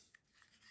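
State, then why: Seated. A clip-on battery charging handle is pushed onto the bottom of a DJI Osmo Pocket 3 handheld gimbal camera, adding power so the camera can keep filming. A short, sharp click at 0.2 s is followed by a fainter tick near 0.4 s over a soft rubbing hiss. The handle locks into place.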